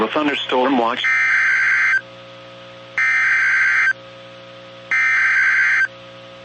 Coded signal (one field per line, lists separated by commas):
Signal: Emergency Alert System (SAME) tones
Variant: header bursts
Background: speech